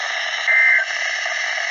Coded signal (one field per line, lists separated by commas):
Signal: Emergency Alert System (SAME) tones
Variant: end-of-message bursts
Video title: Thats one way to wrap up the end of June- EAS Alerts from June 27th and June 28th, EAS#417-443